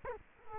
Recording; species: mosquito wingbeat signal from an infrared sensor; Culex quinquefasciatus